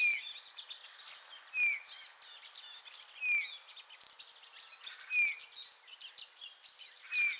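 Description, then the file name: Eurasian bullfinch giving soft, clear, slightly falling piped whistles, repeated roughly every one and a half to two seconds, over a busy background of high chirping from other birds. "Pyrrhula pyrrhula"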